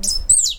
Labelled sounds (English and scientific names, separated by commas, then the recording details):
Stitchbird (Notiomystis cincta) song
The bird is a male
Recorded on Tiritiri Matangi Island, New Zealand, in 2005
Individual 18, of nest box 26